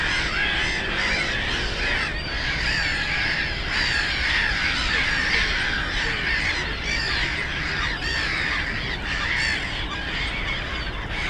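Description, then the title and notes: Black-headed gulls crying harshly and without pause, many overlapping squawks, against continuous low traffic noise. Black-headed gulls, loudest of many birds at Żabie Doły (Frog Ponds), a former coal-mining site in Bytom, Poland; nearby DK79 road and railway audible; recorded with Zoom F4 and AT BP4025. "Żabie Doły, Bytom, Polska - Black-headed gulls at Frog Ponds complex. The ponds are now filled with plenty of birds with black-headed gulls being the loudest. Najgłośniejsze okazały się śmieszki"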